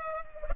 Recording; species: mosquito wingbeat signal from an infrared sensor; Culex pipiens